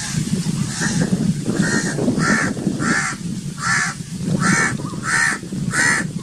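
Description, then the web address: Myna harsh, grating calls repeated at a steady rate in a run, with a loud low rumbling noise underneath throughout. "animal-sound myna-sound"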